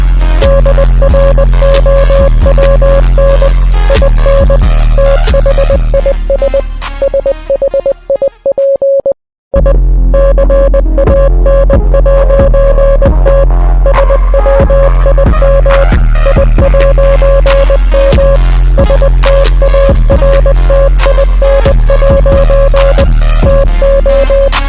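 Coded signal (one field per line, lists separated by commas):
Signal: Morse code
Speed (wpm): 20 wpm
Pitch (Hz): 550 Hz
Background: music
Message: DROWN IN THIS SHIP I CAN'T SWIM I'M STARTIN' TO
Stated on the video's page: Song lyrics converted to Morse code with an online translator, with other song audio in the background.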